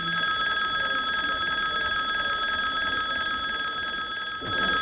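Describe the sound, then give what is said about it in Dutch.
A loud electric bell rings continuously with a steady, shrill, metallic tone, barely wavering until a brief dip just before the end, with no voices. “Als de bel is afgelopen, geef ik graag het woord aan de heer Gijs van Dijk van de Partij van de Arbeid.”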